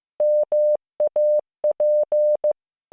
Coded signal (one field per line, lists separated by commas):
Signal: Morse code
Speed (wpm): 15 wpm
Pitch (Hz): 600 Hz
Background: none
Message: MAP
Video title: モールス信号聞き流し⑧ Learn Morse Code